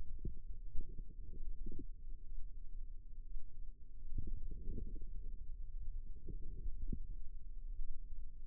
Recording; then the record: forearm muscle sounds (acoustic myography)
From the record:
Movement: wrist flexion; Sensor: system 2, bracelet of six BSWA MPA416 microphones around the upper forearm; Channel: 3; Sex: female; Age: 22 years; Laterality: right